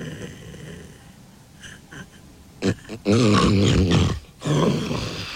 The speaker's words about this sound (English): And that loud noise at the end was a snort he made as his brain told him it was time to wake up and take a proper breath.